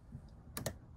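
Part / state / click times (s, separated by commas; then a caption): window stay arm on a caravan window / seated / 0.6 s, 0.7 s. A caravan window on a 2021 Swift Fairway Classic is pushed open until its stay arms lock it in the open position. Two sharp, short clicks sound at 0.6 s and 0.7 s over quiet background noise, as the stay arm mechanism seats and holds the window open.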